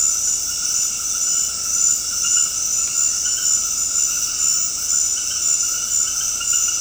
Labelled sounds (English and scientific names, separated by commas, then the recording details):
none
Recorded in dense forest near Puerto Asís, Putumayo, Colombia, on 21 February 2024 at 21:00
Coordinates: 0.485, -76.318
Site G6408